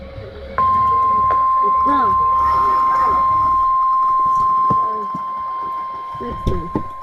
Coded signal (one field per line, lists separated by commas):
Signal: Emergency Alert System (SAME) tones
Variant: 1050 Hz attention tone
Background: speech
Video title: WSW (EAS #34)